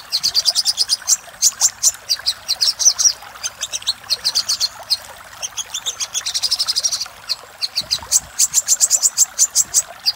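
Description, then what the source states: Little spiderhunter song: bursts of thin, very high notes in fast runs, separated by short pauses. Master recording for training cage birds; Indonesian name sogok ontong, labelled Labaik.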